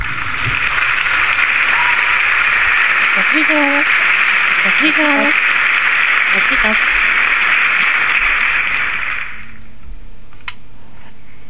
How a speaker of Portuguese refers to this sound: E agora sim, os aplausos.